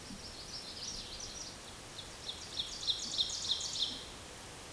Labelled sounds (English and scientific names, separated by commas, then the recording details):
Ovenbird (Seiurus aurocapilla) song
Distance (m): 40 m
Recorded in a Pennsylvania forest on 17 May 2023 at 14:01
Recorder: AudioMoth, point grid1_1_low
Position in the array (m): 217 m, 18 m